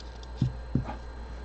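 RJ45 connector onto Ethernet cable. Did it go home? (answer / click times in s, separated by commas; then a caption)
no / none. Someone pushes an RJ45 plastic connector and boot assembly onto an Ethernet cable, trying to make it snap into place. Only two small, dull taps are heard, around 0.4 s and 0.8 s, over a low steady hum. Nothing has snapped or seated yet: the connector fails to click in.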